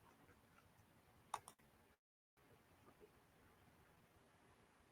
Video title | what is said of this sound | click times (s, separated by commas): F'real Blender Repair (Scour Heater Replacement) | But you're going to push that straight up and then you're going to you're going to hear it click. | 1.3 s